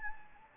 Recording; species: mosquito wingbeat signal from an infrared sensor; Anopheles gambiae